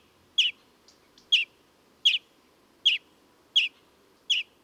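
European greenfinch calls, short bright chirps repeated at intervals of under a second, six in a row over faint low background hum.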